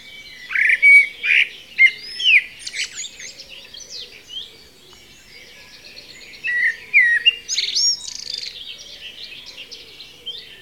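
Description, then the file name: Common blackbird delivering repeated fluty, slurred whistles followed by scratchy high twitters, one phrase at the start and another midway, with a softer warbling stretch between. "Turdus merula"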